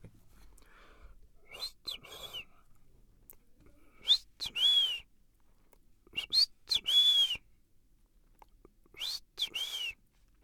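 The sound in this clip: Bird song: four phrases, each of two short sharp notes followed by a longer clear whistled note, coming about every two to three seconds in quiet surroundings.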